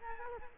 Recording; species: mosquito wingbeat signal from an infrared sensor; Culex quinquefasciatus